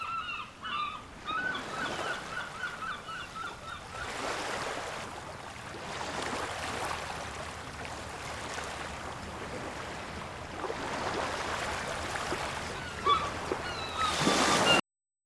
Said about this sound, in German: Das Meer brandet in regelmäßigen Abständen an den Strand.